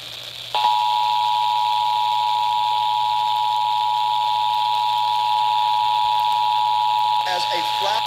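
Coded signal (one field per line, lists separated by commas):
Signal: Emergency Alert System (SAME) tones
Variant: 853 and 960 Hz attention tone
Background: speech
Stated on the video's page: Real Required Monthly Test for DC and North Anna quarterly test, received on many DC-area and Virginia radio and TV stations, relayed broadcast alerts.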